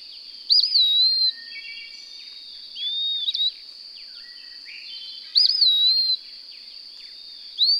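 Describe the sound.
Bird delivering two loud whistled phrases with a looping upslur and a softer phrase between, over a steady high buzz.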